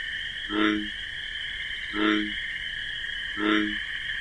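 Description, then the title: Bullfrog giving three deep croaks at a regular pace, each short and booming, set against an unbroken ringing chorus of crickets. Wetland at night with marsh grasses; nocturnal chorus with pulsating, persistent chirping of crickets; bullfrog's deep bass call described as 'jug-o-rum'. "Bullfrog Sound. The Wondrous Wetlands"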